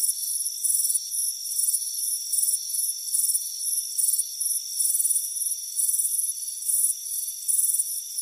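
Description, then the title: Cricket chirps come fast and shrill, short bursts following each other quickly above a constant thin background insect hum. Warm afternoon on a front porch. "Soothing Crickets Chirping Sound"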